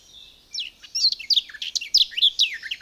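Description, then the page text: Garden warbler song, a rapid, continuous run of rich warbled notes bubbling up and down without pause. "Звуки птиц - Садовая славка"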